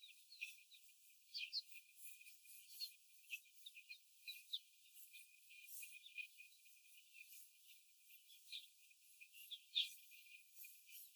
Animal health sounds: young laying hens in a cage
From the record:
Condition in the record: after the stressor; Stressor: simulated dog barking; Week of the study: 4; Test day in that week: 1

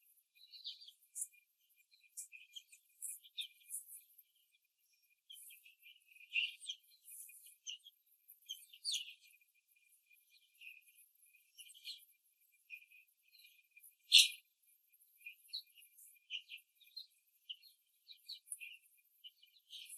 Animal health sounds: young laying hens in a cage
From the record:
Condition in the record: after the stressor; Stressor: simulated dog barking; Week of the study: 3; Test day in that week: 1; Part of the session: 4

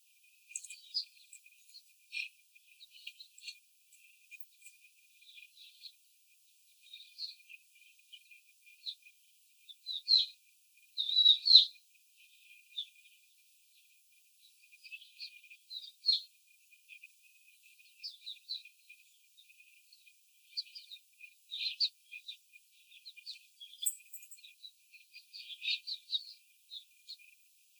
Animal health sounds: young laying hens in a cage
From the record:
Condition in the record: after the stressor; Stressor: simulated dog barking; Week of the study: 4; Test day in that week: 2

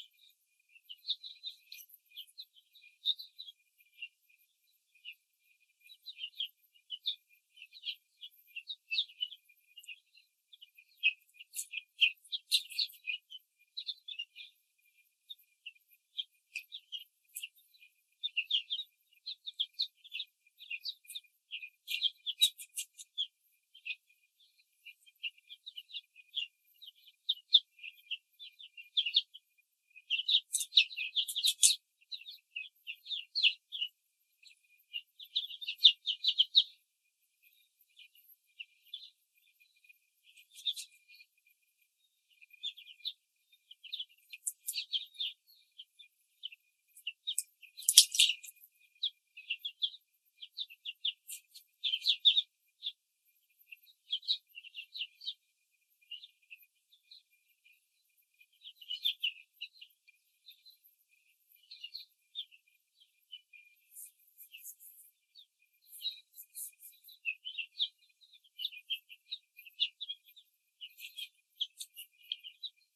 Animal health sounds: young laying hens in a cage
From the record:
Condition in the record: control cage, before the stress test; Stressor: none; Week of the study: 4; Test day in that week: 3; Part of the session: 3

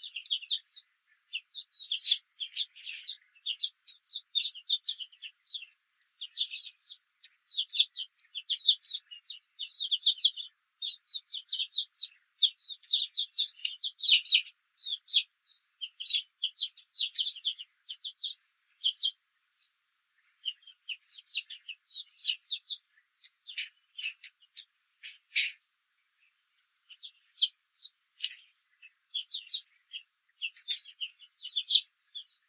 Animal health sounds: young laying hens in a cage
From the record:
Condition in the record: control cage, after the stress test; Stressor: none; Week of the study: 4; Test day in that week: 1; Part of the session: 2

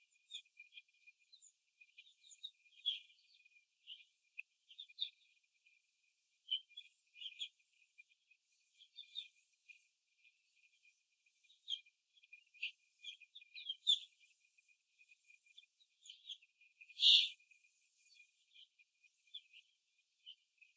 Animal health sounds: young laying hens in a cage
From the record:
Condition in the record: after the stressor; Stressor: simulated dog barking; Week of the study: 2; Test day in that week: 2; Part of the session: 3

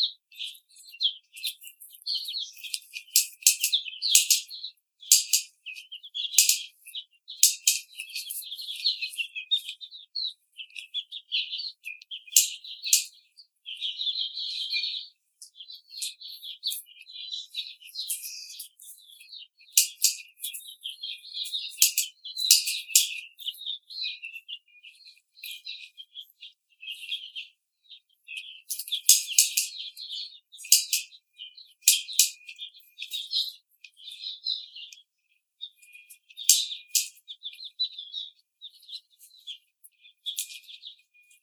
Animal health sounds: young laying hens in a cage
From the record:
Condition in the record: treatment cage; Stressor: simulated dog barking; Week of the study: 5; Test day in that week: 1

